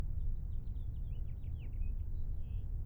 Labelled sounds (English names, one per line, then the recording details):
House Finch song
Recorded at Kismit on Long Island, New York, on 22 May 1975
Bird B